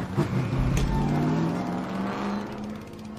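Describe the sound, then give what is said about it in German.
A tractor engine rumbles with a low, steady drone and a faint higher whine, its harmonic hum holding even before slowly tapering off as the vehicle drives away. “Wieso sind da diese dämlichen Traktoren hierher gekommen?”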